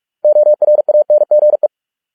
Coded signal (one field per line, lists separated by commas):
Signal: Morse code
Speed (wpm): 46 wpm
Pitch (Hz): 600 Hz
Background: none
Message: ORANGE